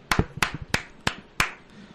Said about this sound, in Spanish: Ustedes no pueden verlo, pero esos son los aplausos